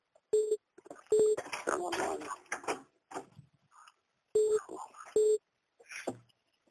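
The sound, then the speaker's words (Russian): A call-waiting tone on a phone line as a second call comes in on the line: short, steady mid-pitched beeps arriving in two pairs, with muffled voices talking in the gaps between them. “Это кто-то звонит. Ну, это мы звоним на вторую линию, чтобы никто ничего не пропал.”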